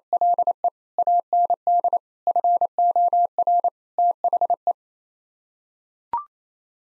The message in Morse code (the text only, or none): LE AND FOR THE